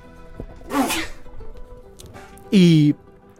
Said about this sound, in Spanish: Voy a estornudar, amigos. Cuidado que voy.